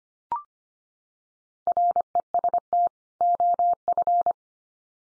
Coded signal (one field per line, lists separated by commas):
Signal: Morse code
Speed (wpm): 25 wpm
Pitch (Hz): 700 Hz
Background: none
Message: REST OF